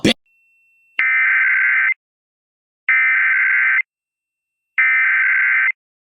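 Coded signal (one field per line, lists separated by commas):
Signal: Emergency Alert System (SAME) tones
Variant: header bursts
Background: speech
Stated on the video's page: Mock emergency alert scenario; air quality index disaster theme, fictional analog-horror recreation.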